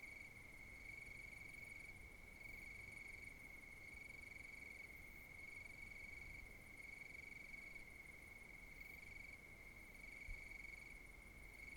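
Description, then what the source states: Constant shrill cricket trill holds throughout, while a second, quieter buzzing layer pulses in repeated short segments. Countryside at night.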